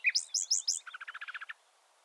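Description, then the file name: Common nightingale song fragment: four loud high clipped notes followed by a quick series of about ten lower repeated notes. "Luscinia megarhynchos"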